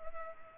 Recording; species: mosquito wingbeat signal from an infrared sensor; Culex pipiens